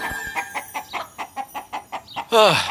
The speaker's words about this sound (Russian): И вдруг из горшка одна за одной выскочили сотни перепуганных кур. Птицы заполонили весь дом Рамы. Куда ни глянь, повсюду были куры.